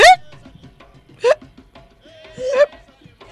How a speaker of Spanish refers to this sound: Y si comes o bebes muy rápido, podés tener hipo. El aire entra de golpe en los pulmones y tus cuerdas vocales hacen